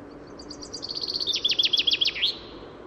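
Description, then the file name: Common chaffinch song: a fast run of bright, slightly descending notes that ends in a sharp, sweeping flourish, lasting about two seconds over a quiet background. "Fringilla coelebs"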